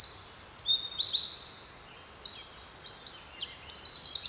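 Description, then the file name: Eurasian wren delivering a rapid, high-pitched cascade of sharp notes and fast rattles, ending with a crisp repeated trill. "Troglodytes troglodytes"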